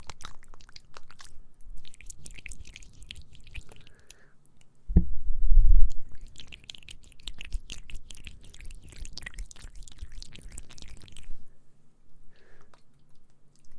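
Wet ASMR mouth sounds, a steady stream of small clicks, smacks and chewing-like squishes running through most of the clip. Around five to six seconds a louder, muffled rubbing burst rises, and a faint low hum sits underneath, with the sounds thinning out after eleven seconds.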